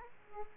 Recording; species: mosquito wingbeat signal from an infrared sensor; Aedes aegypti